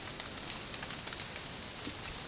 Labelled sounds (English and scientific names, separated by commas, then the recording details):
none
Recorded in dense forest near Puerto Asís, Putumayo, Colombia, on 12 March 2025 at 08:00
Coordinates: 0.486, -76.317
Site G053